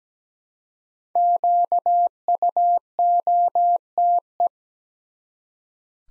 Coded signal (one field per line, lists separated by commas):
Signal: Morse code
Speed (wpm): 17 wpm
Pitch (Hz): 700 Hz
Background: none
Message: QUOTE